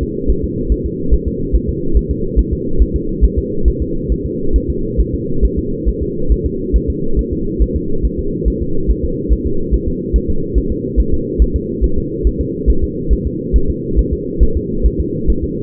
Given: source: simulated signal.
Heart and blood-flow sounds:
fetal heart sounds
0.03 s: S2
0.30 s: S1
0.44 s: S2
0.72 s: S1
0.86 s: S2
1.14 s: S1
1.28 s: S2
1.55 s: S1
1.69 s: S2
1.97 s: S1
2.11 s: S2
2.39 s: S1
2.53 s: S2
2.82 s: S1
2.96 s: S2
3.25 s: S1
3.39 s: S2
3.68 s: S1
3.82 s: S2
4.12 s: S1
4.26 s: S2
4.56 s: S1
4.70 s: S2
5.00 s: S1
5.14 s: S2
5.45 s: S1
5.59 s: S2
5.89 s: S1
6.03 s: S2
6.32 s: S1
6.46 s: S2
6.76 s: S1
6.90 s: S2
7.19 s: S1
7.33 s: S2
7.62 s: S1
7.76 s: S2
8.05 s: S1
8.19 s: S2
8.48 s: S1
8.62 s: S2
8.91 s: S1
9.05 s: S2
9.33 s: S1
9.47 s: S2
9.74 s: S1
9.88 s: S2
10.16 s: S1
10.30 s: S2
10.58 s: S1
10.72 s: S2
11.00 s: S1
11.14 s: S2
11.42 s: S1
11.56 s: S2
11.84 s: S1
11.98 s: S2
12.27 s: S1
12.41 s: S2
12.70 s: S1
12.84 s: S2
13.13 s: S1
13.27 s: S2
13.56 s: S1
13.70 s: S2
13.99 s: S1
14.13 s: S2
14.43 s: S1
14.57 s: S2
14.86 s: S1
15.00 s: S2
15.30 s: S1
15.44 s: S2
From the record:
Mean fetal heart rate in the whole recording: 140 bpm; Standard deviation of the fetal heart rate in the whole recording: 2 bpm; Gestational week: 34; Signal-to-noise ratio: -8.1 dB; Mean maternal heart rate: 72 bpm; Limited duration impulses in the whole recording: present

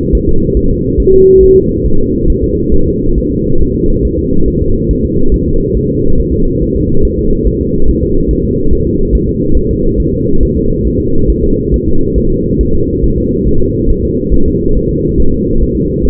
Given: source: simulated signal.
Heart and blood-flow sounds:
fetal heart sounds
0.15 s: S1
0.29 s: S2
0.57 s: S1
0.71 s: S2
1.00 s: S1
1.14 s: S2
1.43 s: S1
1.57 s: S2
1.86 s: S1
2.00 s: S2
2.30 s: S1
2.44 s: S2
2.74 s: S1
2.88 s: S2
3.18 s: S1
3.32 s: S2
3.61 s: S1
3.75 s: S2
4.05 s: S1
4.19 s: S2
4.48 s: S1
4.62 s: S2
4.91 s: S1
5.05 s: S2
5.34 s: S1
5.48 s: S2
5.77 s: S1
5.91 s: S2
6.20 s: S1
6.34 s: S2
6.62 s: S1
6.76 s: S2
7.05 s: S1
7.19 s: S2
7.47 s: S1
7.61 s: S2
7.89 s: S1
8.03 s: S2
8.31 s: S1
8.45 s: S2
8.73 s: S1
8.87 s: S2
9.15 s: S1
9.29 s: S2
9.57 s: S1
9.71 s: S2
10.00 s: S1
10.14 s: S2
10.43 s: S1
10.57 s: S2
10.87 s: S1
11.01 s: S2
11.30 s: S1
11.44 s: S2
11.74 s: S1
11.88 s: S2
12.18 s: S1
12.32 s: S2
12.61 s: S1
12.75 s: S2
13.04 s: S1
13.18 s: S2
13.47 s: S1
13.61 s: S2
13.91 s: S1
14.04 s: S2
14.34 s: S1
14.48 s: S2
14.77 s: S1
14.91 s: S2
15.20 s: S1
15.34 s: S2
15.63 s: S1
15.77 s: S2
16.05 s: S1
From the record:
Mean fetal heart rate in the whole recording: 140 bpm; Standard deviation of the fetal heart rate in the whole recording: 2 bpm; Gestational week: 34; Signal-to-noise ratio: -19.1 dB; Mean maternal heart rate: 72 bpm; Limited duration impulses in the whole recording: present

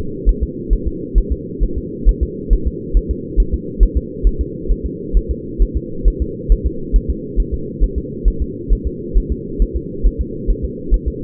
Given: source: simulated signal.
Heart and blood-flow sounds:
fetal heart sounds
0.29 s: S1
0.43 s: S2
0.73 s: S1
0.87 s: S2
1.18 s: S1
1.32 s: S2
1.63 s: S1
1.78 s: S2
2.09 s: S1
2.23 s: S2
2.53 s: S1
2.67 s: S2
2.97 s: S1
3.11 s: S2
3.40 s: S1
3.54 s: S2
3.83 s: S1
3.97 s: S2
4.27 s: S1
4.41 s: S2
4.71 s: S1
4.86 s: S2
5.17 s: S1
5.31 s: S2
5.62 s: S1
5.77 s: S2
6.08 s: S1
6.22 s: S2
6.52 s: S1
6.66 s: S2
6.96 s: S1
7.10 s: S2
7.40 s: S1
7.54 s: S2
7.83 s: S1
7.98 s: S2
8.28 s: S1
8.42 s: S2
8.72 s: S1
8.87 s: S2
9.17 s: S1
9.32 s: S2
9.62 s: S1
9.76 s: S2
10.06 s: S1
10.21 s: S2
10.50 s: S1
10.65 s: S2
10.94 s: S1
11.08 s: S2
From the record:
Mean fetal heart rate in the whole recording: 135 bpm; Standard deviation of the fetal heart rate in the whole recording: 3 bpm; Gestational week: 36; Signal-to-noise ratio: -4.3 dB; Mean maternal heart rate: 72 bpm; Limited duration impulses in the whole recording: absent

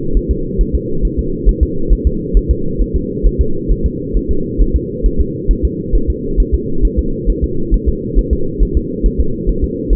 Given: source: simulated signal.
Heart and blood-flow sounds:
fetal heart sounds
0.17 s: S1
0.31 s: S2
0.61 s: S1
0.75 s: S2
1.05 s: S1
1.19 s: S2
1.49 s: S1
1.63 s: S2
1.93 s: S1
2.07 s: S2
2.37 s: S1
2.51 s: S2
2.81 s: S1
2.96 s: S2
3.26 s: S1
3.41 s: S2
3.72 s: S1
3.86 s: S2
4.17 s: S1
4.31 s: S2
4.61 s: S1
4.76 s: S2
5.06 s: S1
5.21 s: S2
5.51 s: S1
5.65 s: S2
5.95 s: S1
6.10 s: S2
6.40 s: S1
6.54 s: S2
6.85 s: S1
6.99 s: S2
7.30 s: S1
7.44 s: S2
7.74 s: S1
7.89 s: S2
8.19 s: S1
8.33 s: S2
8.62 s: S1
8.77 s: S2
9.06 s: S1
9.20 s: S2
9.49 s: S1
9.64 s: S2
9.93 s: S1
From the record:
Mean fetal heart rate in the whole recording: 135 bpm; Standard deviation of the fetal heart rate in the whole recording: 3 bpm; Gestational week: 36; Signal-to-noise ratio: -8.1 dB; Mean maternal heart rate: 72 bpm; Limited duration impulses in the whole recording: absent

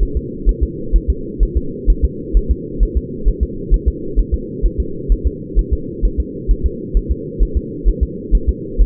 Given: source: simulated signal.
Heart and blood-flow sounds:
fetal heart sounds
0.03 s: S1
0.17 s: S2
0.49 s: S1
0.63 s: S2
0.96 s: S1
1.10 s: S2
1.43 s: S1
1.57 s: S2
1.90 s: S1
2.05 s: S2
2.37 s: S1
2.51 s: S2
2.83 s: S1
2.97 s: S2
3.28 s: S1
3.43 s: S2
3.74 s: S1
3.88 s: S2
4.19 s: S1
4.34 s: S2
4.66 s: S1
4.80 s: S2
5.12 s: S1
5.27 s: S2
5.59 s: S1
5.73 s: S2
6.05 s: S1
6.20 s: S2
6.51 s: S1
6.66 s: S2
6.97 s: S1
7.11 s: S2
7.43 s: S1
7.57 s: S2
7.88 s: S1
8.03 s: S2
8.35 s: S1
8.49 s: S2
8.81 s: S1
From the record:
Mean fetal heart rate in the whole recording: 130 bpm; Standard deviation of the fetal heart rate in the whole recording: 2 bpm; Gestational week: 36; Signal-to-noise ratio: -4.3 dB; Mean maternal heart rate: 72 bpm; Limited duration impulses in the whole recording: absent

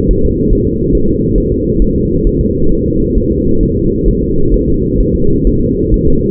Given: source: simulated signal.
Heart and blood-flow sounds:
fetal heart sounds
0.11 s: S1
0.25 s: S2
0.53 s: S1
0.67 s: S2
0.95 s: S1
1.09 s: S2
1.38 s: S1
1.52 s: S2
1.82 s: S1
1.96 s: S2
2.27 s: S1
2.41 s: S2
2.72 s: S1
2.86 s: S2
3.18 s: S1
3.32 s: S2
3.63 s: S1
3.77 s: S2
4.08 s: S1
4.23 s: S2
4.54 s: S1
4.68 s: S2
5.01 s: S1
5.15 s: S2
5.47 s: S1
5.61 s: S2
5.94 s: S1
6.08 s: S2
From the record:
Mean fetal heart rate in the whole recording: 135 bpm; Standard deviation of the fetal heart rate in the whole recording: 3 bpm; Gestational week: 36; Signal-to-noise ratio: -16.4 dB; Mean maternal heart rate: 72 bpm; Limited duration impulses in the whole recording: present

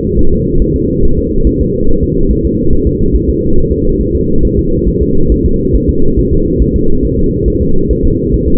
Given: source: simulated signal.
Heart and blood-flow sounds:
fetal heart sounds
0.19 s: S1
0.33 s: S2
0.62 s: S1
0.76 s: S2
1.05 s: S1
1.19 s: S2
1.47 s: S1
1.61 s: S2
1.89 s: S1
2.03 s: S2
2.31 s: S1
2.45 s: S2
2.73 s: S1
2.87 s: S2
3.15 s: S1
3.30 s: S2
3.58 s: S1
3.72 s: S2
4.01 s: S1
4.15 s: S2
4.45 s: S1
4.59 s: S2
4.88 s: S1
5.03 s: S2
5.32 s: S1
5.46 s: S2
5.75 s: S1
5.90 s: S2
6.19 s: S1
6.33 s: S2
6.62 s: S1
6.76 s: S2
7.05 s: S1
7.19 s: S2
7.48 s: S1
7.62 s: S2
7.91 s: S1
8.05 s: S2
8.34 s: S1
8.48 s: S2
From the record:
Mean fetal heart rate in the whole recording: 140 bpm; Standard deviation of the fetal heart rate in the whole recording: 2 bpm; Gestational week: 34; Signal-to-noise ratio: -19.1 dB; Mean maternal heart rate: 72 bpm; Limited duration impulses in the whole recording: present

